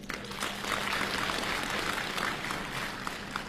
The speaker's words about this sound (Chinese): 好，亲爱的观众朋友们，大家新年好，谢谢您热情的掌声。